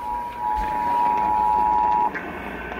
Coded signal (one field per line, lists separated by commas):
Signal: Emergency Alert System (SAME) tones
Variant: 853 and 960 Hz attention tone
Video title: WIDESPREAD VS. ISOLATED - EAS Alerts from 06/15/2022 (EAS #454-475)